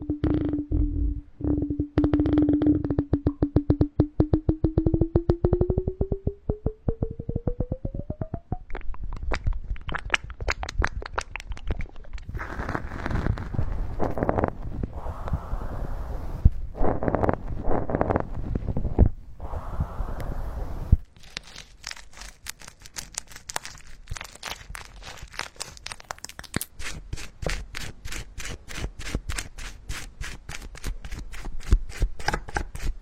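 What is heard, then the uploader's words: Rapid tapping on a water flow, an early rising pitch tone, then dense irregular smearing and tearing clicks continuing steadily throughout. Tapping the water flow, smearing and tearing massage.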